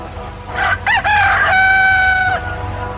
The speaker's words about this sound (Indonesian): Saat kokok ayam jantan terdengar membelah subuh yang bisu, Prabu Purbaya yang semalaman tidak tidur itu menggelengkan kepalanya pelan-pelan.